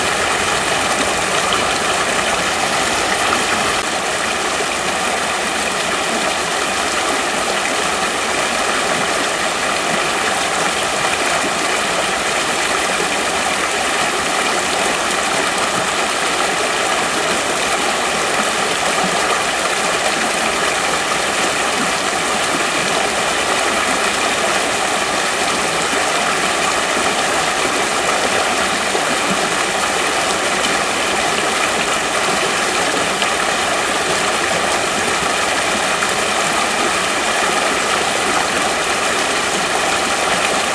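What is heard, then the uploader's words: A creek rushes steadily over rocks, a dense, unbroken wash of water that holds the same level for the whole stretch. The sound is full, strongest in the bright hiss and middle splashing, with little low rumble and no other sounds standing out. Crane Creek in Foresta, CA (Yosemite National Park). Enjoy the beautiful voice of Crane Creek in Foresta, California.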